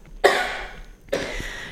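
Two harsh coughs about a second apart from an adult woman, with a quiet indoor background.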